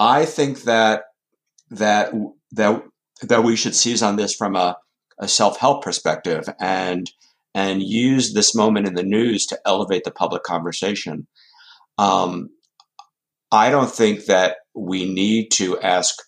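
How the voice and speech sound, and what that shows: Speech of an adult male journalist with more than four decades of experience, a person who stutters: repeated "that, that, that," held sounds and tense pauses, showing stuttering with repetitions and blocks.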